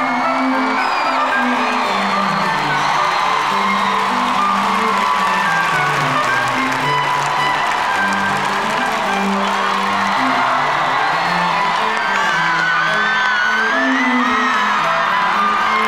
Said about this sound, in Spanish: Reciban con un fuerte aplauso a Don Diazepam y a Don Lexatin.